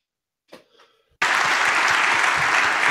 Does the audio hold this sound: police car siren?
no